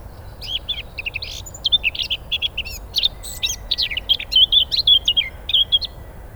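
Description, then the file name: Eurasian blackcap song: a rapid run of chattering, varied warbled notes over a soft background hiss. "Sylvia atricapilla"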